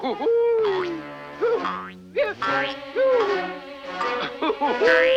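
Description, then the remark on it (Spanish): Cartoon bouncing sounds of Tigger, the tiger from the 1974 Disney short Winnie the Pooh and Tigger Too, bouncing from branch to branch in trees: a string of springy, twangy boings, about five of them, each a wobbling pitch that bends and wavers, coming in quick irregular succession at a loud, steady level. “Solo que los tigres no suben a los árboles. Rebotan de rama en rama.”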